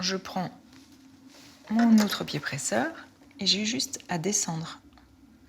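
A snap-on presser foot is handled at a sewing machine's foot holder, about to be clipped on by lowering the lever. Someone talks throughout, with two faint brief sounds near 0.8 s and 5.0 s. Nothing has seated or clicked yet.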